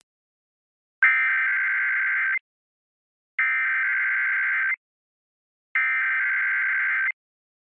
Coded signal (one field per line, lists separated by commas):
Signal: Emergency Alert System (SAME) tones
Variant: header bursts